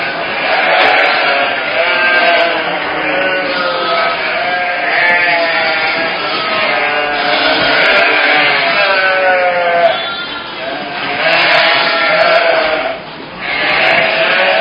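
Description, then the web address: Sheep bleating in a dense chorus, many wavering, nasal bleats overlapping almost continuously, with brief lulls near ten and thirteen seconds. "Animals Sheep"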